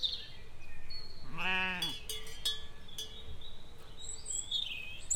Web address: nature owce